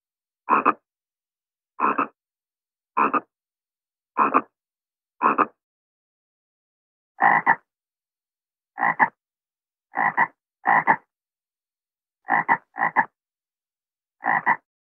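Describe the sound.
Frog croaks: short raspy pulsed croaks repeated every second or two, some in quick pairs, against silence.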